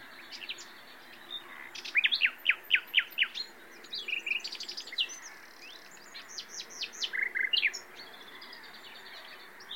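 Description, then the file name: Common nightingale song with a series of loud, evenly spaced rising notes followed by mixed clicks and trills over faint background hiss. "Luscinia megarhynchos"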